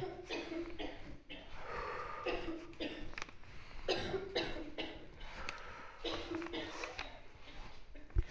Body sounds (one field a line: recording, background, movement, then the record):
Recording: deep breathing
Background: a bystander coughing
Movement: walking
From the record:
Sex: male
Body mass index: 20.6 kg/m2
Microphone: on the chest, facing the body